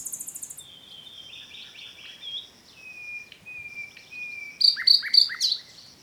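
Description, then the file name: Common nightingale song: a buzzy rattle, long slow whistled notes, then a loud run of rapid repeated chirps. "Luscinia megarhynchos"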